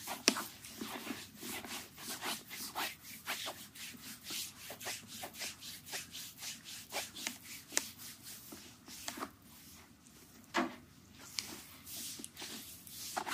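A foot massage: hands rub and stroke the skin in quick, regular passes, roughly two or three per second, each a soft, bright swish. The strokes run steadily throughout, with a low hum underneath and a few sharper taps near the start and around ten seconds.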